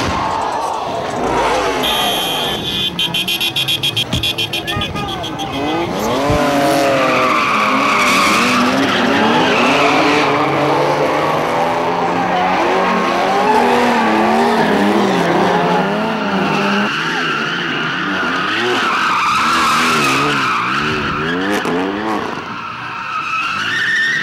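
Multiple drivers do donuts on the 17th Street Bridge, car engines revving and roaring as tires squeal and skid in long, wavering screeches, loud and continuous, with the pitch sliding up and down as the cars spin in circles.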